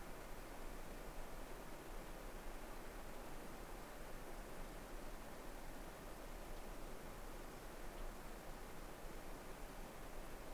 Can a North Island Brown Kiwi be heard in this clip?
no